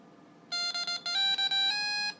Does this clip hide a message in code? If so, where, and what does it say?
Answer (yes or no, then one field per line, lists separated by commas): no